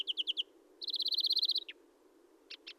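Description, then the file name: European greenfinch calls: a quick series of four chirps, then a fast rattling trill of about fifteen notes, a short downslurred note and two brief chips. "Chloris chloris"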